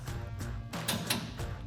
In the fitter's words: Just gonna go ahead and tighten this down until I get a nice click.